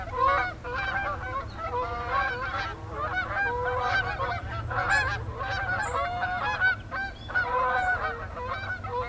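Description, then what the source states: Goose: geese giving a constant stream of overlapping nasal honks from many birds, loud and busy throughout, over a low droning background. Geese calling in flight, recorded 22 September 2007.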